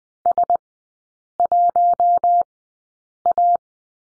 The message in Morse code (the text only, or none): S1A